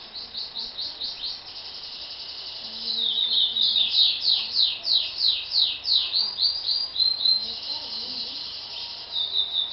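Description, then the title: Double-collared seedeater song, quick high notes that build into a dense run of downslurred chirps. "Canto Coleiro"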